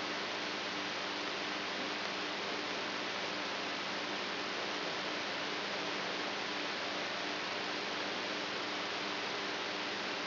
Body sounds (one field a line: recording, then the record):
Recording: brain microelectrode recording played as sound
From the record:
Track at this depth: inside the subthalamic nucleus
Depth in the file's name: 4.715 mm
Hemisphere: right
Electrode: 3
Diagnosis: Parkinson's disease